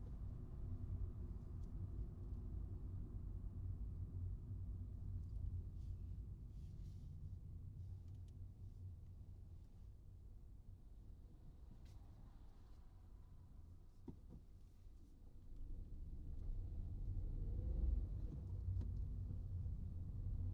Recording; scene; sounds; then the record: everyday scene through a hearing-aid microphone; in a vehicle; engine, traffic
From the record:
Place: Skoda Fabia, gasoline engine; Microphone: in the ear canal, right